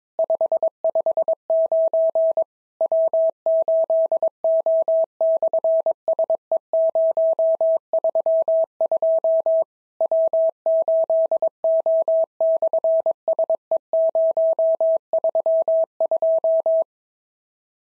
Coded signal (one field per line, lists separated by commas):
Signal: Morse code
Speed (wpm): 22 wpm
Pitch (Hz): 650 Hz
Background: none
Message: 559 W8O/SE032 W8O/SE032